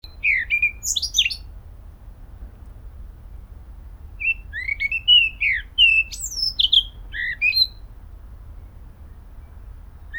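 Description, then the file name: Eurasian blackcap song: a short phrase of mixed chattering and clear whistled notes, then after a pause of a few seconds a longer one, over a faint low hum. "Sylvia atricapilla"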